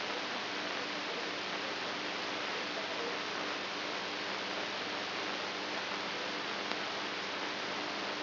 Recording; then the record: brain microelectrode recording played as sound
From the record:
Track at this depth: outside the subthalamic nucleus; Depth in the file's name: 6.507 mm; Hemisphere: right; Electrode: 2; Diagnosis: Parkinson's disease